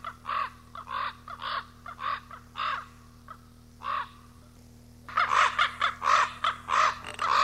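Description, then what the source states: Common raven harsh croaks in a spaced series, pausing near the middle, then a louder burst of rapid rough calls at the end, with a faint hum. Recorded 18 April 1994.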